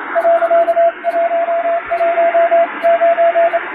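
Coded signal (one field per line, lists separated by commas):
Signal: Morse code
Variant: Japanese Wabun code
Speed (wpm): 27 wpm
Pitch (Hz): 680 Hz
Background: radio noise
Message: 、119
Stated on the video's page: Recreated Japanese Wabun Morse ship-to-shore radiotelegram, sent in scrambled text on an electronic keyer, as receiving practice.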